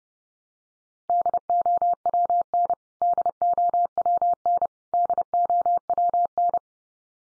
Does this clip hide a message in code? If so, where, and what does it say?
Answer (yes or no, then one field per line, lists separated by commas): yes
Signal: Morse code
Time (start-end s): 1.1-6.6 s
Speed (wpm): 30 wpm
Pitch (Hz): 700 Hz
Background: none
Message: DOWN DOWN DOWN